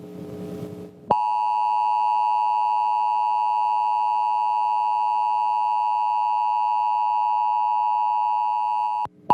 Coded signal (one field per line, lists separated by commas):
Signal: Emergency Alert System (SAME) tones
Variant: 853 and 960 Hz attention tone